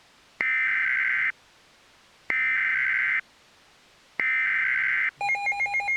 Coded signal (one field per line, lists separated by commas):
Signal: Emergency Alert System (SAME) tones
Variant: header bursts